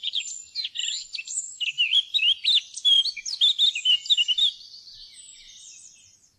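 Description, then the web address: Eurasian blackcap singing a rapid run of varied warbling notes that grows louder, then trails off into a thin, quiet warble. "fuglelyder- munk"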